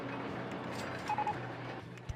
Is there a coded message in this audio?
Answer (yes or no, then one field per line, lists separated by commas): no